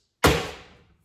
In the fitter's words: So they just pop in. They just